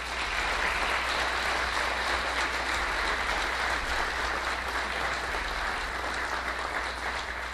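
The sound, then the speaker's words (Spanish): A crowd at the III Congreso de Destilados 2016 applauds the first Venezuelan rum masters, a dense wash of many hands clapping at once that holds at an even, loud level throughout without speech. “También le podemos dar un aplauso grande para que se terminen de despertar.”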